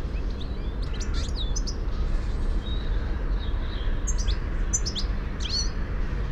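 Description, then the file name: European goldfinch twittering, thin high chirps scattered in clusters throughout, set against a steady deep rumble of background noise. "Carduelis carduelis"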